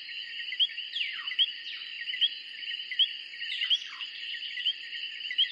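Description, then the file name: Tree frogs calling in a dense, steady chorus of high chirps, with sharp notes repeating about every second and some downward-sweeping calls among them. Tree frogs recorded in 2003. "vi tree frogs copyright edboakes 2003"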